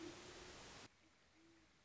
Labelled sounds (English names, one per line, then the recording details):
Great Horned Owl
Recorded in Sonoma County, California